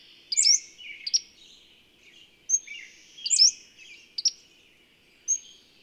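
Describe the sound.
Bird song: clustered sharp chirps and thin whistles, soft hum below.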